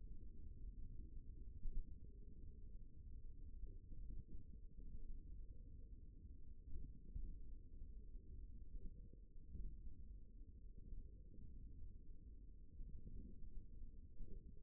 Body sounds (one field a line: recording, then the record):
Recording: forearm muscle sounds (acoustic myography)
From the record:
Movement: tripod grip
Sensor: system 1, eight BSWA MPA416 microphones around the upper forearm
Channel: 1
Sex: male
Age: 54 years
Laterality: right